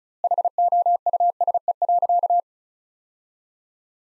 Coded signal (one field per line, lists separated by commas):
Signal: Morse code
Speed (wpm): 36 wpm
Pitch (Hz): 700 Hz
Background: none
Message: HOUSE.